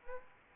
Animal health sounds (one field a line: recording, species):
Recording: mosquito wingbeat signal from an infrared sensor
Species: Aedes aegypti